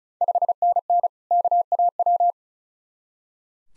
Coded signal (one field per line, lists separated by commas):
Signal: Morse code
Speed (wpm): 36 wpm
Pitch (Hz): 700 Hz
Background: none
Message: 5NN KAW